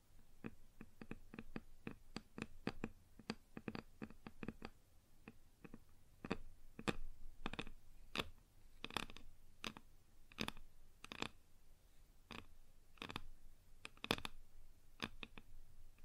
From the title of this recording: Wood Surface Tapping & Scratching